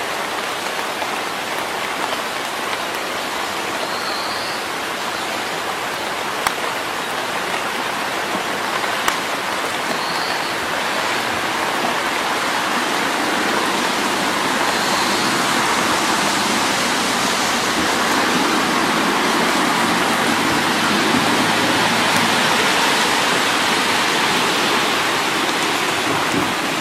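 Rain falls in a forest, a dense, steady hiss that stays even in level for the whole stretch. A few faint high chirps rise above it at about 4, 10 and 15 seconds, and a couple of sharp drips or taps stand out near 6 and 9 seconds.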